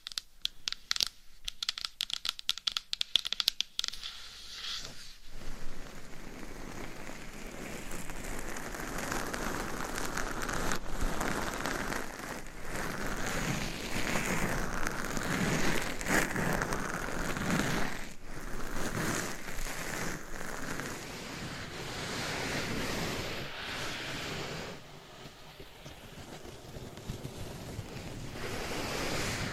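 Quick, sharp taps come in a rapid burst through the first five seconds. Then a dense, steady scratching and rubbing takes over for the rest, a crackly texture like rain on a surface that swells and eases slightly without pausing. No voice is heard.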